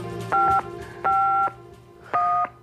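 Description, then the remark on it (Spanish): Three telephone keypad tones sound as a number is dialed to call a friend, each a steady two-pitched beep lasting under half a second, separated by short pauses over a low background hum. No one speaks. “Voy a llamar al gordo.”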